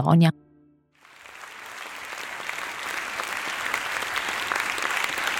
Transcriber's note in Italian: Audo del teatro, brusio spettacoli